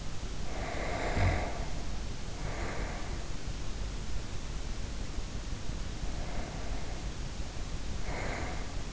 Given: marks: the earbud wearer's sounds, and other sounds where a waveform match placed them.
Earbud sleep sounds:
sounds in sleep by an in-ear microphone; breath
0.38-3.41 s: breath
6.01-8.93 s: breath

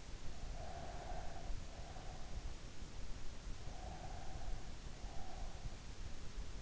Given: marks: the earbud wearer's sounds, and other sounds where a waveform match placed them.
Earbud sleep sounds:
sounds in sleep by an in-ear microphone; breath
0.25-2.62 s: breath
3.73-5.87 s: breath

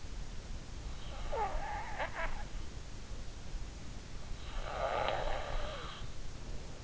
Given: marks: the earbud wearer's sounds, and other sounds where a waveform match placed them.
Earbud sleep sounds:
sounds in sleep by an in-ear microphone; snoring breath
0.92-3.32 s: snoring breath
4.01-6.18 s: snoring breath

